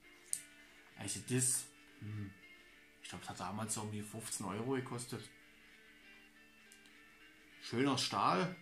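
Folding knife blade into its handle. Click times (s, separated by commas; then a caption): 0.3 s. Pressing the release on the back of a small steel pocket knife folds the blade into its handle, and it snaps shut with a sharp click at 0.3 s. Someone talks afterward in a quiet room, with a faint background hum between phrases.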